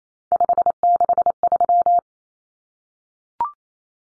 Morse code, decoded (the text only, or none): 563